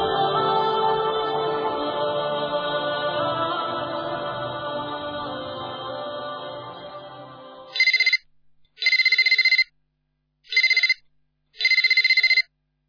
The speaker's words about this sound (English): Yusra, Yusuf's mother, didn't receive a moment's rest from her constantly ringing telephone